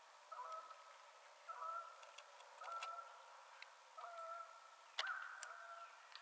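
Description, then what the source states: Canada goose calls, faint nasal honks given in irregular bursts over background hiss, with a few sharp clicks. Recorded 21 March 2007.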